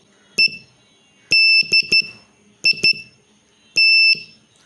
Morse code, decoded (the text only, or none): EDIT